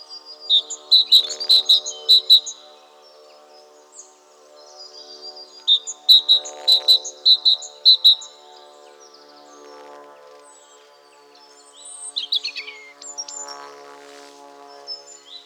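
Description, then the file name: Great tit giving two bursts of sharp, ringing high repeated notes, later a softer, different burst, with a steady hum underneath. "Parus major"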